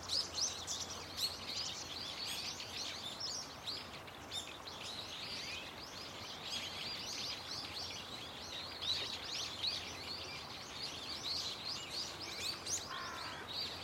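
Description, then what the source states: Birds: dense, loud bird chorus of high chirps and trills throughout, a brief lower call near the end, steady low hum in the background. Birds calling loudly and continuously from a tetrapod breakwater belt and its trees; recorded with microphone and camera.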